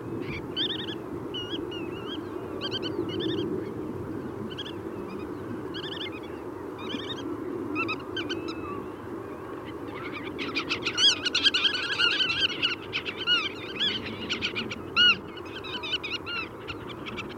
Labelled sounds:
Black-tailed Godwit call

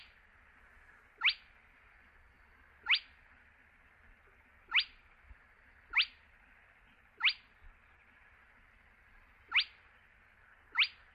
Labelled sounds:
Spotted Crake

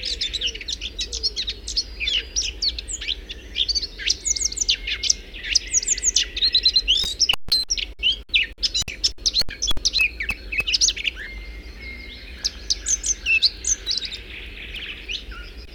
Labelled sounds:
Eurasian Blackcap song

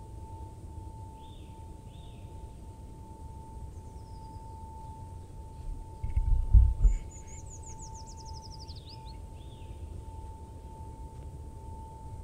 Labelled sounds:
Eurasian Nuthatch song

